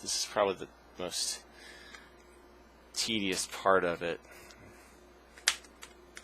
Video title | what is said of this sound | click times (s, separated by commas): ASUS K55N Screen Repair | you just hear that popping sound | 5.5 s